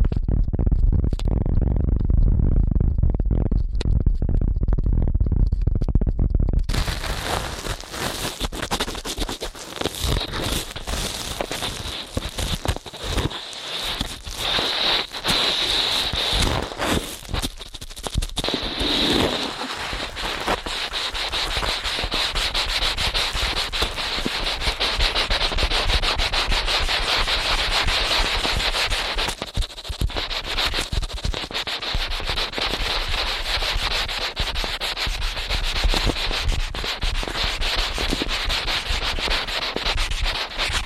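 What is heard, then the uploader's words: Fast ear cleaning: rapid, dense rubbing and scratching with a bright, hissy edge, almost like sanding. The first six seconds are a muffled, low rumbling rub; then a sharper, brighter scraping takes over and continues steadily to the end, with brief dips around 13, 18 and 29 seconds. ASMR Ear Cleaning at Helicopter Speed.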